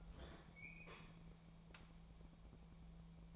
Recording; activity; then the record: daily activity, microphone in the room; open fridge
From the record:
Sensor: 1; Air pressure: 1000.0 hPa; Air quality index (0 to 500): 134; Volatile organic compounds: 2 ppm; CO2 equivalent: 1262 ppm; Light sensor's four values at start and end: 37/94/39/48 and 37/93/39/48